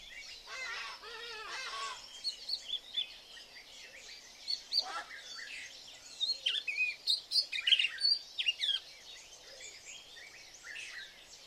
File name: Golosa ptic - Angolskaya lastochka Hirundo angolensis